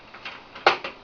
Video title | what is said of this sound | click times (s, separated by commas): how2 'properly' replace or increase the dynamic ram in your laptop or pc | you can hear it popping as it pops back out | 0.7 s